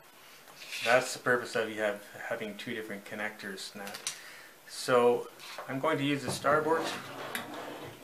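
Someone talks while handling the starboard throttle control cable connector for an Elco EP20 electric outboard motor on a solar electric catamaran, about to plug it into its socket on the outboard control. Faint handling noises sit under the speech, but nothing has seated or clicked yet.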